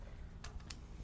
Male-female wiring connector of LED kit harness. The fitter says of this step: All we're going to do is connect those 2, and they lock into place.